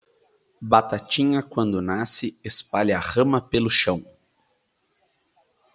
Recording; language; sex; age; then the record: short text; Brazilian Portuguese; male; 30 to 39 years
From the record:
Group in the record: control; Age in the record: 32 years